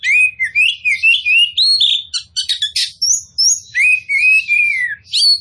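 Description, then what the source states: Oriental magpie-robin singing a continuous, loud, varied song of rising and falling whistles mixed with rapid chattering trills, phrases following each other almost without pause. Kacer poci type of the bird, described as gacor, actively and vigorously singing.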